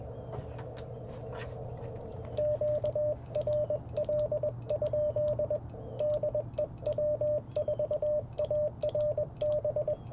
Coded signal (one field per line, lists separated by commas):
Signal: Morse code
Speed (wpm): 21 wpm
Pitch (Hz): 600 Hz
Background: radio noise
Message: QRL? DE W4ARB